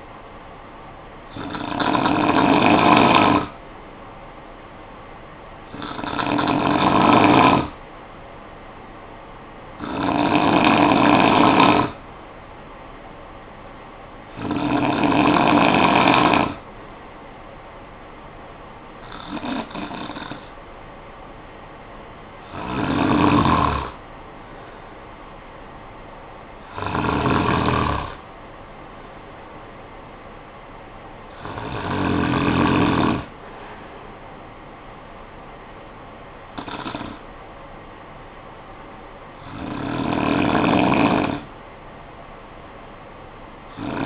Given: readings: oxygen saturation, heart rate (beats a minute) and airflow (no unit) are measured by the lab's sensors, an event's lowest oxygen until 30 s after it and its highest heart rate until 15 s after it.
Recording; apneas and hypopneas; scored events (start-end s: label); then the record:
breathing in sleep by a voice recorder at the bedside; none
none scored
From the record:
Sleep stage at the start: N2 (light sleep); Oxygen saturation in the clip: 93 to 95%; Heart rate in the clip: 53 to 68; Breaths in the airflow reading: 10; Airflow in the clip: -13.6 to 7.4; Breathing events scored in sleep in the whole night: 445 in 7.6 hours asleep